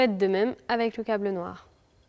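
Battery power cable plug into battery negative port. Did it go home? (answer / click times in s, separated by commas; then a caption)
no / none. Someone talks while the black battery power cable plug from a TSLM 6 kW hybrid inverter is being handled to push onto the battery's negative port, the same way as the red cable. Nothing has seated or clicked yet.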